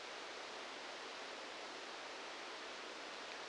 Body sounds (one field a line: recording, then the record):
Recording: brain microelectrode recording played as sound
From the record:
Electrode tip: outside the subthalamic nucleus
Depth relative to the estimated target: -8 mm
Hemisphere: left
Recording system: NeuroSet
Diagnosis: Parkinson's disease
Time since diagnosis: 19 years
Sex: female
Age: 69 years